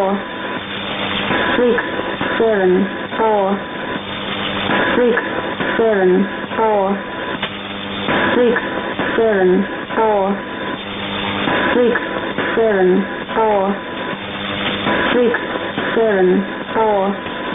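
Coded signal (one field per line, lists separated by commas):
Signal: numbers station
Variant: E17z English Lady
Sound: female voice reading short words at steady intervals over shortwave hiss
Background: radio static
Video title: 04 01 2018 Numbers station E17z English Lady in English to Eu 0810 on 9820 unknown tx site in CUSB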